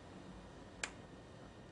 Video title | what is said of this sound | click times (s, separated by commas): CCTV Camera Cable Connections Tutorial | over the pin, and if you listen you'll hear it click into place | 0.8 s